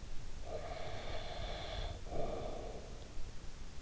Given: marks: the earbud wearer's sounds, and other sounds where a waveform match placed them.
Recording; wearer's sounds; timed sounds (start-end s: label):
sounds in sleep by an in-ear microphone; breath
0.00-3.54 s: breath